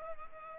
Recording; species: mosquito wingbeat signal from an infrared sensor; Culex pipiens